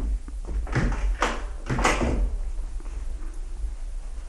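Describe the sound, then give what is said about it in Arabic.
A door is opened at night with a few sharp wooden knocks and creaks in quick succession, followed by a low rumbling hush as the movement settles. “افتحي له الباب.”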